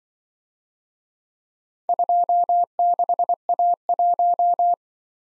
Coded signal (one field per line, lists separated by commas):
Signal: Morse code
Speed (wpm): 24 wpm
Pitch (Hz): 700 Hz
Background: none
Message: 26A1